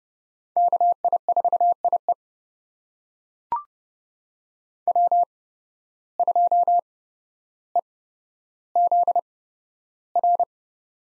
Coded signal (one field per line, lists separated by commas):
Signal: Morse code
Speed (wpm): 30 wpm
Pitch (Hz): 700 Hz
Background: none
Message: KI4IE W2EZR